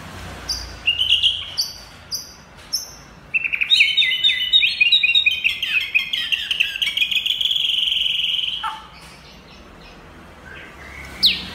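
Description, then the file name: White-rumped shama song: a few high sharp notes, then a long dense stream of fast, high, chattering and whistled phrases before stopping abruptly, with a final high note. Champion bird from a songbird singing contest. "suara murai batu juara lomba"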